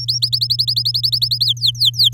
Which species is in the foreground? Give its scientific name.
Serinus canaria